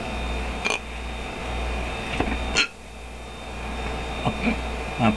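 Several short, abrupt gulping bursts from an adult at irregular intervals over a quiet room hum, typical of hiccups.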